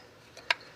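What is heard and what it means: A plastic ignition coil electrical connector on a Nissan Rogue has its latch pressed down with a screwdriver and is worked off the coil. A faint tick at about 0.4 s is followed by a single sharp, bright click at 0.5 s as the connector releases and comes off.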